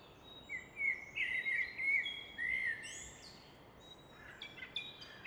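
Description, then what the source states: Common nightingale singing a varied phrase of warbled whistles and a drawn-out slurred note, followed by quieter fragments, with constant rushing water-like noise behind. Evening in Fläsch, Switzerland; rushing of the Rhine in the background reflected off a rock wall; recorded with Fostex FR2 and MKH 800.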